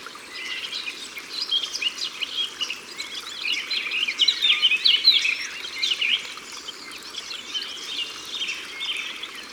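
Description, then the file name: Eurasian blackcap song: a long, busy warble of quick chirps and twitters, loudest in the middle, over a continuous rushing hiss. Recorded by the water. "Fauvette a tete noire Au bord de leau"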